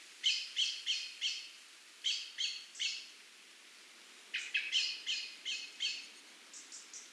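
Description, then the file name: Eurasian blackbird calls: harsh chack notes in rapid bursts of several, separated by short pauses, with a fainter run at the end. "Turdus merula"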